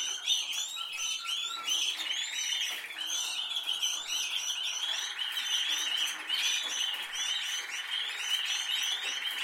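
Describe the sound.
Canary singing a busy run of high chirps and quick twittering notes, repeated in rapid bursts.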